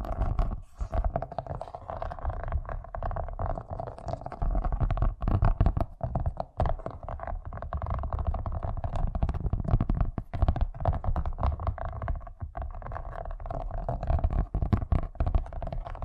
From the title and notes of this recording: ASMR Braingasm Inducing Fast Tapping (No Talking).